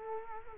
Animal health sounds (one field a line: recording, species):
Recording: mosquito wingbeat signal from an infrared sensor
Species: Culex quinquefasciatus